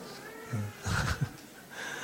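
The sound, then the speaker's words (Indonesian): A baby fusses with a few short, whiny cries, one brief whimper followed by a longer strained wail and a quick catch, fairly faint against a quiet background with no talking. “Suara bayi itu indah.”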